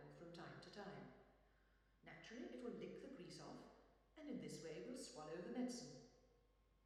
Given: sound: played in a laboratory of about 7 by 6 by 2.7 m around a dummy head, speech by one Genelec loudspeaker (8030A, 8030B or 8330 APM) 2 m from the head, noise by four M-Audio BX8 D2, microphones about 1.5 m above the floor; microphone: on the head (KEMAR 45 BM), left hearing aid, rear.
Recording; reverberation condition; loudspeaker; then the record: female speech in English; high; 90 degrees to the left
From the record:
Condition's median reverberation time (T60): about 1300 ms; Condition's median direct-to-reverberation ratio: about -4.0 dB